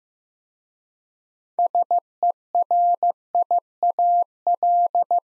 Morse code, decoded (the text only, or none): SERIAL